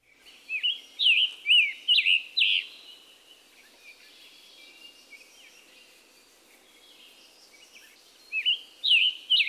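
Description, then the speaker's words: Scarlet Tanager song: hoarse, burry sing-song phrases of several slurred notes, a pause, then another phrase starting near the end. Robin-like but hoarse-sounding sing-song notes; emphatic, diagnostic chick-burr call note; likened to a robin with a sore throat. "Listen to its robin-like but hoarse-sounding sing-song notes and also the diagnostic chick-burr."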